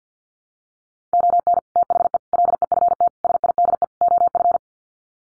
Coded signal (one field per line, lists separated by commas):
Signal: Morse code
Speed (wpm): 50 wpm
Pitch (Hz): 700 Hz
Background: none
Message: ON THE LEFT SIDE OF